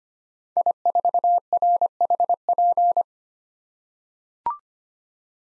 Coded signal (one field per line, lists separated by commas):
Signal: Morse code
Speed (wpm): 25 wpm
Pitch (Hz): 700 Hz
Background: none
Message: I4RHP